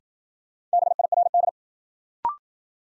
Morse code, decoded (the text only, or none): BIRD